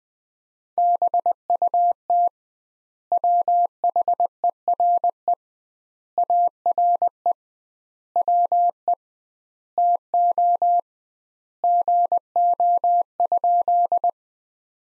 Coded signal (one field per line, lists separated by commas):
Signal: Morse code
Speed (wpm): 21 wpm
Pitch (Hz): 700 Hz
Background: none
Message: BUT WHERE ARE WE TO GO?